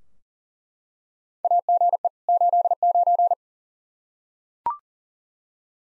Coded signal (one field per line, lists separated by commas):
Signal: Morse code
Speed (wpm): 40 wpm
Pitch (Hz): 700 Hz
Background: none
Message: AGE 89